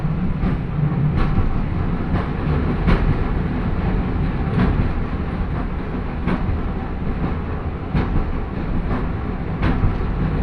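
A train with traction motors growls loudly and steadily, deep low rumble throughout, with brief clattering clicks recurring about every second or two.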